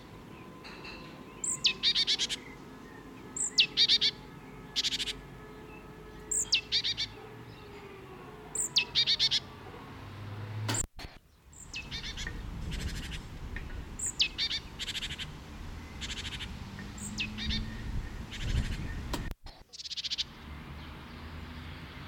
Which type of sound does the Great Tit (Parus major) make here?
song